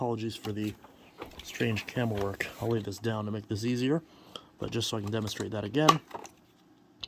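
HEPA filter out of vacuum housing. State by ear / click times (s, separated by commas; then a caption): released / 7.0 s. Someone talks through most of the clip while handling a Shark Navigator Lift-Away ADV vacuum. The HEPA filter release is pressed, and a short, sharp click at 7.0 s marks the filter popping out of the vacuum housing.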